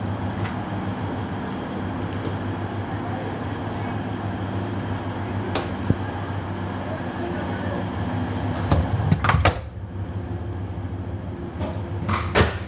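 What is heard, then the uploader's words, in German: Steady low rumble and rattle of an evening train ride, with a constant droning hum underneath. Sharp knocks and clacks break through now and then, one near six seconds and a louder cluster of rattling around nine seconds, with a few more toward the end. Abendliche Zugfahrt, ratternde Gleise.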